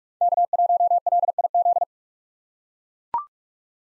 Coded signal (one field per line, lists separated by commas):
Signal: Morse code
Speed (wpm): 43 wpm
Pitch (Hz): 700 Hz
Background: none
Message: K1LIZ